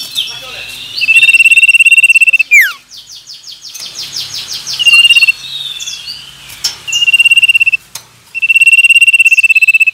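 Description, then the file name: Common iora song: long trilled whistles held steadily, repeated several times, with a descending slur and other birds chattering between. Male. "suara burung cipoh jantan"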